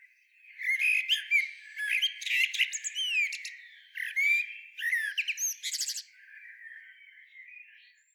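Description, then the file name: Common blackbird producing a dense run of shrill squeaks, chirps and buzzy high notes in quick succession, fading to soft faint tones at the end. "Turdus merula"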